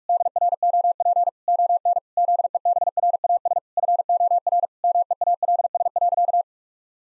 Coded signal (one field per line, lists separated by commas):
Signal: Morse code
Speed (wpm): 41 wpm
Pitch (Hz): 700 Hz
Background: none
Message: DROP ON ZEBRAS FOR MEALS.